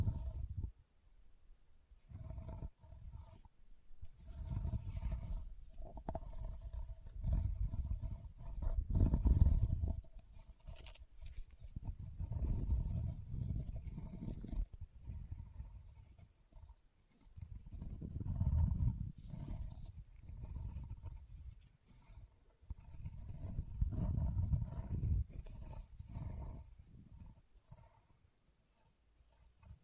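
Leather is tapped and scratched in irregular bursts of low, muffled rubbing and thumping that swell and fade, peaking around 9, 18 and 24 seconds. Brief bright scratchy hiss rides on top, and two faint steady tones hum underneath. The opening and ending are nearly quiet.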